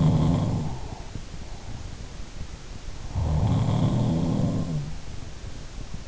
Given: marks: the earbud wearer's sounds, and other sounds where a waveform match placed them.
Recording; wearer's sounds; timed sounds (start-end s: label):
sounds in sleep by an in-ear microphone; breath
0.00-1.27 s: sound from someone else or the room
0.16-1.27 s: breath
2.98-5.09 s: sound from someone else or the room
3.05-4.57 s: breath